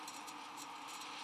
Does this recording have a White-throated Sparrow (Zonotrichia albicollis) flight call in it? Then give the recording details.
no. No flight call is heard. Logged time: 22:51 on 13 December 2014